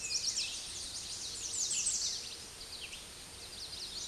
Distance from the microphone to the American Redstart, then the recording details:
about 20 m. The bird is about 5 m above the microphone. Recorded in a Pennsylvania forest on 16 May 2024 at 06:56. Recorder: AudioMoth, point MSD-2367. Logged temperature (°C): 16.0 °C. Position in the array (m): 120 m, 228 m